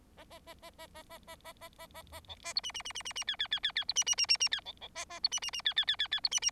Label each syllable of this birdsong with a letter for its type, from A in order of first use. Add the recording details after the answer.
A A A A A A A A A A A A A B A C D D D D D D E E E E E C D D D D D E B B A A C D D D E E E E E C D D. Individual Bird4